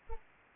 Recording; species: mosquito wingbeat signal from an infrared sensor; Anopheles arabiensis